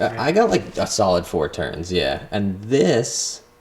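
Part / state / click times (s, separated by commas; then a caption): MAP sensor into intake port / not seated / none. A MAP sensor is being handled for fitting into its port on the intake pipe while someone talks over it. Nothing has seated or clicked yet.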